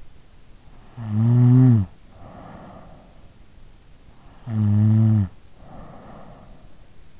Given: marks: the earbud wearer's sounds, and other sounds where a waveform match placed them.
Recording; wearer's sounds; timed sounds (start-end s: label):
sounds in sleep by an in-ear microphone; snoring breath
0.75-3.35 s: snoring breath
4.31-7.00 s: snoring breath